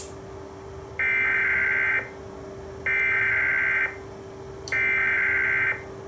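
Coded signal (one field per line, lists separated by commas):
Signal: Emergency Alert System (SAME) tones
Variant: header bursts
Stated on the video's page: Monthly EAS test tones aired on Long Island FM radio stations.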